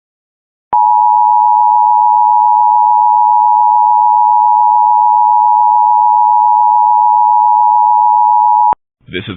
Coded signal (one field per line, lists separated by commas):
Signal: Emergency Alert System (SAME) tones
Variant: 853 and 960 Hz attention tone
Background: speech